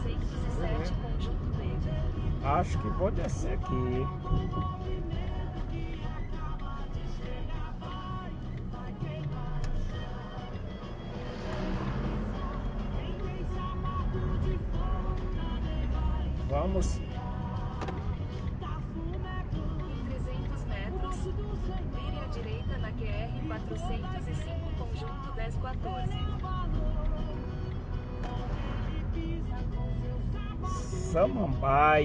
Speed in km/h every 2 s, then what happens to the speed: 23, 15, 8, 3, 2, 5, 10, 14, 17, 18, 17, 14, 13, 16, 18, 18.
0-7 slows to 2. 7-16 speeds up to 17. 16-32 steady at about 17.